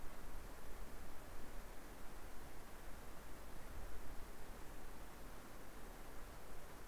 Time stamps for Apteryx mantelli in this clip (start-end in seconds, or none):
none